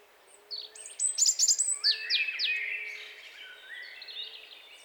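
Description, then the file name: European robin singing a cascade of sharp high notes that slide down into drawn-out, wavering whistles, with faint background noise. "Erithacus rubecula"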